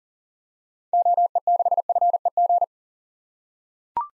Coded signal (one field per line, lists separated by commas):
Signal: Morse code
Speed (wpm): 38 wpm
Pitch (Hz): 700 Hz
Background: none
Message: OE6FEG